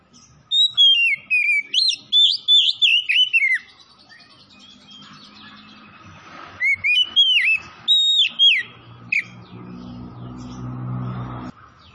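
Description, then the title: Oriental magpie-robin song: a long energetic run of rapid whistled notes and chirps, a pause, then more loud whistles, with a soft background hum. Singing vigorously (gacor); Tretes. "Kacer Tretes Gacor"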